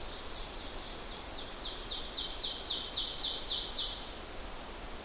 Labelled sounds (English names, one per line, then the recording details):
Ovenbird song
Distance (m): 50 m
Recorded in boreal forest in Alberta, Canada, on 12 June 2016 at 06:05
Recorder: SongMeter 3, array SBT-3-18
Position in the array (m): 67 m, 300 m
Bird 32